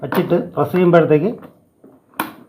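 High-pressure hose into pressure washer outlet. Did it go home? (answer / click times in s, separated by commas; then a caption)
yes / 2.2 s. The high-pressure hose end is placed on the front outlet of a car pressure washer and pushed in while someone talks. A faint bump follows the speech, and then a sharp click comes at 2.2 s as the hose snaps into place, correctly seated.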